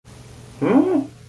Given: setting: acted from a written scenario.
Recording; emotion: vocal sound without words; confusion